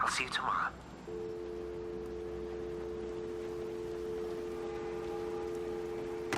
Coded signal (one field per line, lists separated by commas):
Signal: telephone call progress tone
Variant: North America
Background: speech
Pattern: dial tone